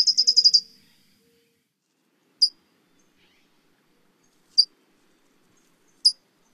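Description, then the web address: California towhee with a short burst of quick metallic chips at the start, followed by three isolated sharp chip notes spaced well apart. North America. "Songs of Birds of North America Stokes. California Towhee"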